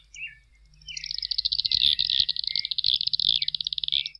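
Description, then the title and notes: Fork-tailed flycatcher giving a long, high, sputtering chatter that builds after a soft start and runs as a rapid buzzy trill for about three seconds. Song of varied chirps and twitters; open places with trees or shrubs, sallying out to catch insects; defends territory aggressively; reaches the pampas plain in spring to breed; very long black tail. "Museo de Ciencias de Bahía Blanca. Tijereta (Tyrannus savana)"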